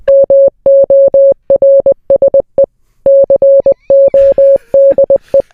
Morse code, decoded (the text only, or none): MORSE CODE